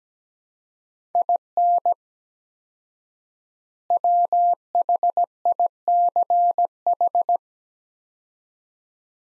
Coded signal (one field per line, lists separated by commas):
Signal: Morse code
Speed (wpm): 17 wpm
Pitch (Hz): 700 Hz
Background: none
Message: IN WHICH